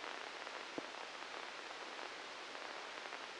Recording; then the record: brain microelectrode recording played as sound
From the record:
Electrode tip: inside the subthalamic nucleus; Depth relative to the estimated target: 0 mm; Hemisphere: left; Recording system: NeuroSet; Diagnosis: Parkinson's disease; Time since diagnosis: 13 years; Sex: male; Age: 63 years